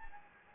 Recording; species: mosquito wingbeat signal from an infrared sensor; Anopheles gambiae